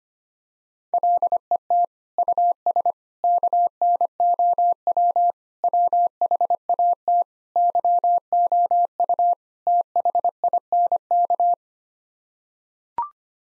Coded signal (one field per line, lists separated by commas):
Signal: Morse code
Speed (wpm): 25 wpm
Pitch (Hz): 700 Hz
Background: none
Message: LET US KNOW WHAT YOU THINK